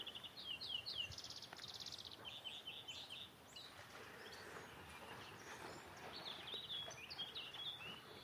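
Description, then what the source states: Greenfinch song: quick twittering trills and chirping phrases in bursts, with a fainter stretch in the middle. Wild bird singing in spring by Llangorse Lake, a natural lake in the Brecon Beacons, Wales; stunning fine day.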